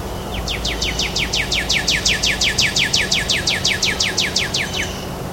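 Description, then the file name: Northern cardinal delivering a sustained string of many quick, very regular downward-sweeping whistled notes over constant background noise. Song recorded at Greynolds Park, Miami, USA, on 17 April 2014. "Cardinalis-cardinalis-song-Greynolds PK-MIA-US-17-4-14-ASilveira"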